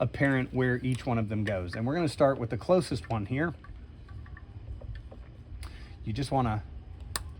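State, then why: Seated. On a 1996–2002 third-generation Toyota 4Runner with the 5VZ-FE engine, a spark plug wire boot is pushed onto the spark plug and compressed until it snaps into place. Someone talks at first, then faint handling noises follow, and a single sharp snap at 7.2 s marks the boot seating on the plug.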